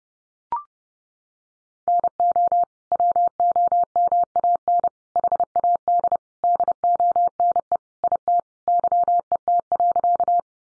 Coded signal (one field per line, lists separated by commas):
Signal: Morse code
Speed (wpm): 30 wpm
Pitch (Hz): 700 Hz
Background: none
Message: NO WOMAN HAD DONE IT YET.